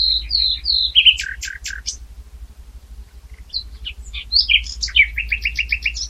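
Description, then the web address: Common nightingale song: downslurred whistles, sharp clicking notes, a quieter varied passage, then a fast run of repeated chirps near the end. "SETE Luscinia megarhynchos"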